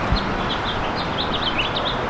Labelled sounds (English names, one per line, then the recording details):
House Finch song
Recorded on Long Island, New York, on 11 June 2012
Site HB
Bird D